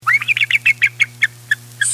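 Bald eagle giving a thin chittering call: about a dozen quick, squeaky notes that slow down and fall slightly in pitch, over a steady low electrical hum.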